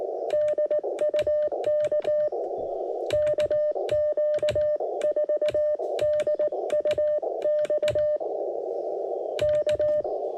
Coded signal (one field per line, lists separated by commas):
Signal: Morse code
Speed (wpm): 18 wpm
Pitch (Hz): 600 Hz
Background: none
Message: DU K KQ4DUX K